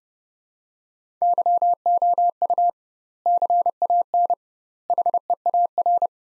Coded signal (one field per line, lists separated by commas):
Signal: Morse code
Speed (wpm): 32 wpm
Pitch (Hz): 700 Hz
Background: none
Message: YOU CAN HEAR